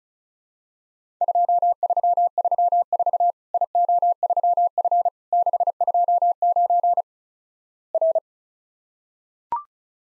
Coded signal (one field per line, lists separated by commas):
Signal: Morse code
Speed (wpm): 36 wpm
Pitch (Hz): 700 Hz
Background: none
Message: 2334 IO3F 629 R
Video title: Worked All Europe DX Contest QTC Exchange 35wpm